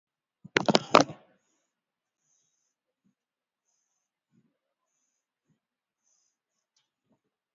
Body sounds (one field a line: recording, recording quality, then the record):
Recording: deep breathing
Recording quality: excellent, no background noise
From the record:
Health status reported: exposed to COVID-19, no respiratory illness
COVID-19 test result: not tested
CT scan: not taken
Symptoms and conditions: muscle pain, hypertension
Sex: female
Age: 61 years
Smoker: no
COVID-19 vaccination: one dose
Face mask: worn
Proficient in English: no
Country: India